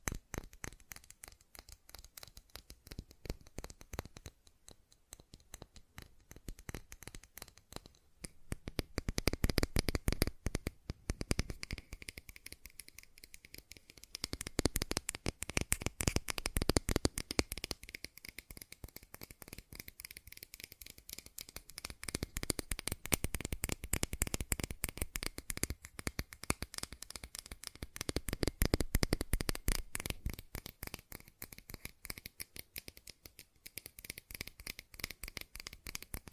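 Fast ASMR tapping runs for the whole recording, a dense, unbroken stream of quick, crisp clicks from low to bright. The tapping swells louder in stretches around 10, 15, 22 and 29 seconds, then eases back to a softer patter between them.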